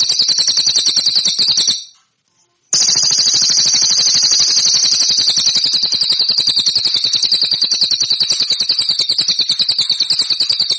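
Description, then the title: Cililin song heard as a continuous shrill rattle-like trill, very fast and even, broken once by a short gap before carrying on to the end. "SUARA BURUNG CILILIN"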